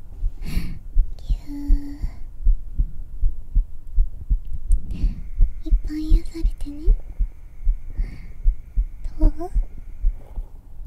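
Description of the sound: Normal adult heartbeat heard during a hug, recorded with a binaural microphone, about 79 beats per minute, pounding because the hug came right after meeting, with soft whispering over it.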